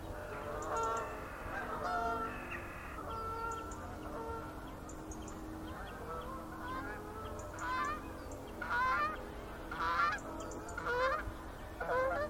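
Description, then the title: Goose: geese honking with drawn-out nasal calls early on and short loud honks near the end, over a low hum and background noise. Geese in gaggles in fields by the River Thame, England, UK, morning of 23 September 2023, excited by floodwater across the meadows. "Gaggles of geese, River Thame, England, UK on 23rd September 2023 – by Paul Ridout"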